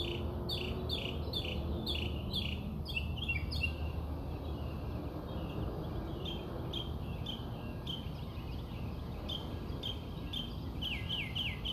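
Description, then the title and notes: Birds singing rapid series of falling chirps, several bursts in a row, then sparser notes, over steady low background noise. Birds singing outside the recordist's house. "Bird Songs Part Two. More bird songs outside my house"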